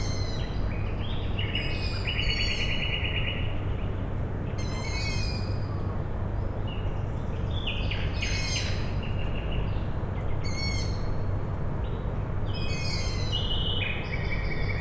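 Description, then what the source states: Owl chicks give repeated squeaky calls in short bursts over a constant low industrial rumble. Owl chicks calling at night, Tuesday 21 May 2019, Michałkowice Plac Sportowy, Siemianowice Śląskie, Poland; industrial plant in background; recorded with Zoom H5 and Audio-Technica BP4025.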